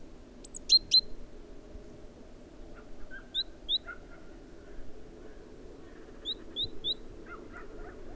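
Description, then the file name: Great tit with a few high, thin notes at the start and scattered softer chirps later, fairly quiet against a low background rumble. "Parus major"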